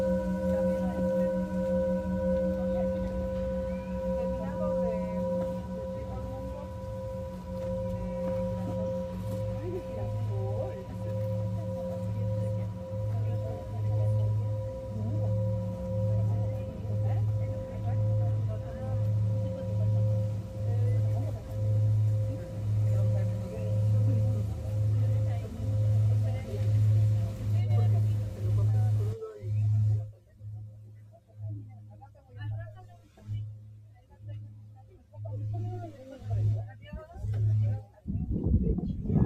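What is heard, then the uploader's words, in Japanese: Singing bowls ring in a sound-healing session, holding long steady tones with a deep, slow throb that pulses about once a second beneath clearer higher overtones. Around thirty seconds the soft background hiss falls away, leaving the pulsing hum more bare until a swell at the end. メキシコから シンギングボウルのサウンドヒーリング ライブ。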